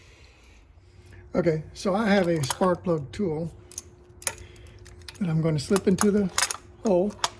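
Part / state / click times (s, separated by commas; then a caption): spark plug socket onto spark plug in engine cylinder head / not seated / none. During a coil pack and spark plug replacement on a BMW X5 4.8 E70 with the N62 engine (model years given as 200–2013), a spark plug socket is being slipped down into the coil well toward the spark plug in the cylinder head. Someone talks, and sharp metallic clinks of the tool being handled are heard between about 3.7 and 5.1 seconds. The socket's retainer has not yet clicked over the plug's ceramic insulator; nothing has seated yet.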